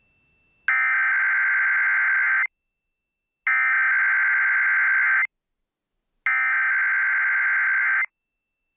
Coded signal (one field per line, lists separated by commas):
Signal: Emergency Alert System (SAME) tones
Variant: header bursts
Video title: EAS Required Monthly Test Southwest Michigan (WBCH AM/FM) +WeatherSTAR4000